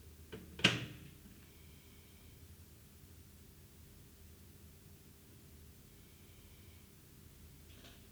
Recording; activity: daily activity, guitar pickup as the sensor; use microwave